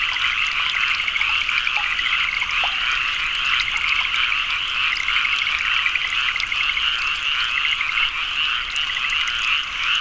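Frogs calling all at once, a dense, evenly pulsing trill of croaks running the whole time.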